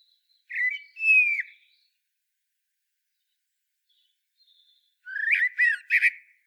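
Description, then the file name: Common blackbird delivering a drawn-out mellow whistle, then after a quiet gap a rapid phrase of sharp, squeaky notes. "Turdus merula"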